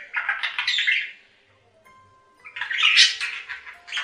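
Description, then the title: Budgerigar burst of scratchy warbling, a near-silent gap, then another harsh chattering burst with squeaky notes. "Budgie Sounds"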